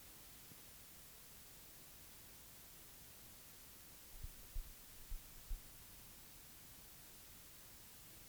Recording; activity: daily activity, guitar pickup as the sensor; sit